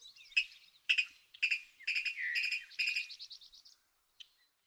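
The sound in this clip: Virginia rail calls: a run of sharp, harmonic ticking notes about twice a second, then a quick string of softer notes.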